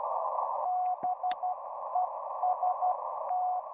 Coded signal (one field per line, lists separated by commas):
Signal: Morse code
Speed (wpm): 12 wpm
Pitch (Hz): 730 Hz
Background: none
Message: BEST